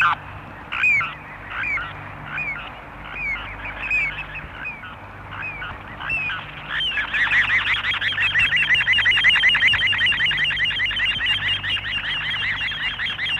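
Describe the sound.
Little ringed plover: spaced high, slurred calls that speed up halfway into a long, rapid, rolling trill of repeated notes.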